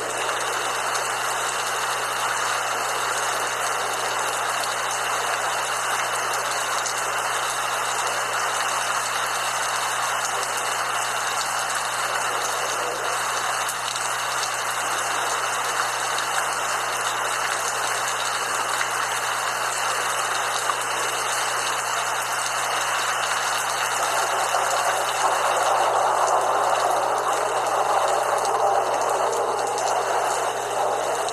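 Light rain falls as a steady, dense hiss, unchanged for most of the half minute. A low, constant hum runs underneath, and around the 25-second mark the sound grows slightly louder and fuller in its middle range.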